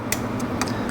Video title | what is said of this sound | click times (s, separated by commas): Axle boots, 2020 KIA Telluride. Front bumper 2012 Sorento. | make sure it pops into place | 0.1 s, 0.6 s